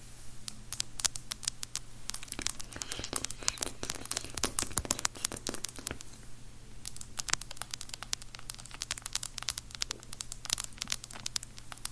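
Long nails tap and click on random objects in dense, irregular bursts of sharp crackly sounds over a steady low hum throughout.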